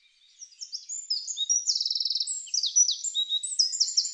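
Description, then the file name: Eurasian wren song, a rapid high-pitched jumble of clear notes with a fast mechanical trill in the middle and more quick trills toward the end. "Troglodytes troglodytes"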